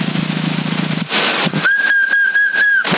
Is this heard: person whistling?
yes